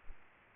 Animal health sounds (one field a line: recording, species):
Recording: mosquito wingbeat signal from an infrared sensor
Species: Aedes aegypti